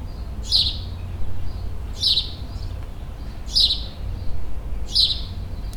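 Bird repeating a short, high chirp four times above steady low-pitched background noise.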